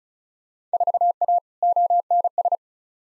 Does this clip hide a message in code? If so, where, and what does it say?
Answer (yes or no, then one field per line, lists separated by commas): yes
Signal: Morse code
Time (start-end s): 0.7-2.6 s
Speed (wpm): 34 wpm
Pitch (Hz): 700 Hz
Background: none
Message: 4A ONS